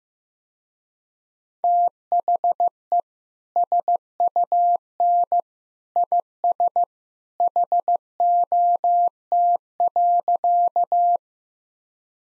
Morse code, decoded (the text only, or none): THE SUN IS HOT.